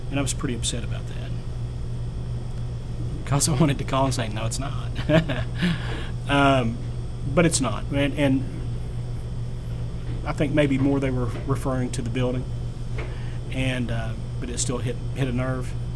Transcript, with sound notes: and I was pretty upset about that. ‘Cause I wanted to call and say, No it is not. [Laughs] But it’s not. I think maybe more they were referring to the building, but it still hit a nerve.